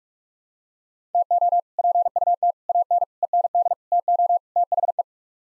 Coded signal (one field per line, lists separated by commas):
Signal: Morse code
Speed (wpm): 46 wpm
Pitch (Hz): 700 Hz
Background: none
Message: TO PUT AN END TO THE